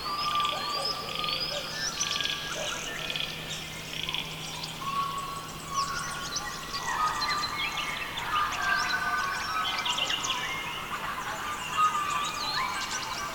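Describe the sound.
Birds singing in a dense chorus, many overlapping whistles, trills and chirps running throughout, with a faint low hum in the first half.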